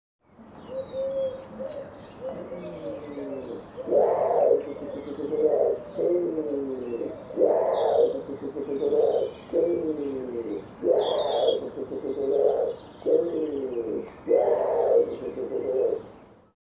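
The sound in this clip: Bird cooing: deep, hoarse coos in phrases of a few seconds, repeated several times, with faint high chirps behind.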